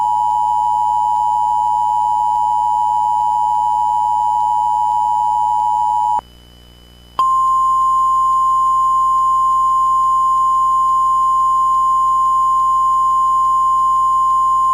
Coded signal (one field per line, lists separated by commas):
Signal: Emergency Alert System (SAME) tones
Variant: 853 and 960 Hz attention tone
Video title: EAS Mock - Tornado Warning (2013)